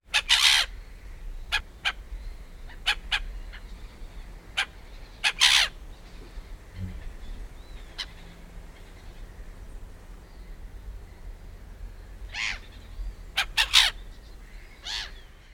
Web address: gaviota de cabeza negra gritando cerca otras en segundo plano